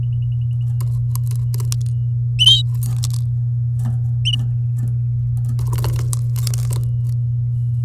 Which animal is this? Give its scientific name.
Serinus canaria